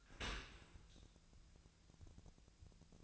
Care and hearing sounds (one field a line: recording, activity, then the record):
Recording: daily activity, microphone in the room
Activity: open dishwasher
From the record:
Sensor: 2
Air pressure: 1000.3 hPa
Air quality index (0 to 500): 164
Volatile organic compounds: 3 ppm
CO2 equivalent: 1357 ppm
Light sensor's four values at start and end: 11/30/12/13 and 11/30/12/13